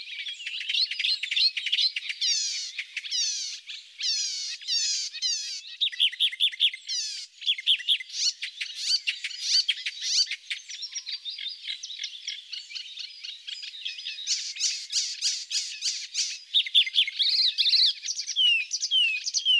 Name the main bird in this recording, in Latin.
Hippolais icterina